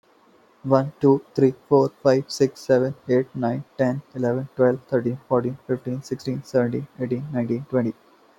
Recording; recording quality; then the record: counting at a fast pace; excellent, no background noise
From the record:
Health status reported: healthy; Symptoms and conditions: none ticked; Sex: male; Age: 24 years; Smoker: not ticked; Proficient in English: yes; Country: India